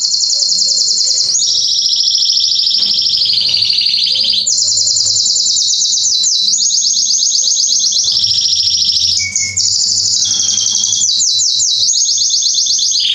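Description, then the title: Canary song, an unbroken run of loud rolling trills that step between higher and lower pitches, with rapid repeated sweeps in places. Male Belgian canary singing a lot, used to warm up young canaries; named Canário Pastinha. "Esquente Seu Filhote E Canario Belga Em 30 Minutos Macho Cantando Muito. Esquente seu canrio belga em 30 minutos - Canrio Pastinha cantando"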